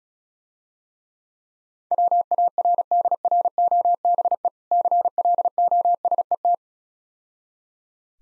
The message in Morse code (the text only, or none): WARDROBE CLOSET